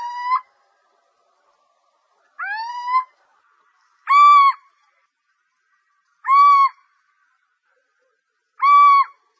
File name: pójdźka